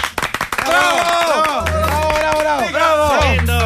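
A brief burst of audience applause, sharp scattered claps in the first half second, quickly overtaken by loud sustained tonal music with sliding pitches and a heavy low hum.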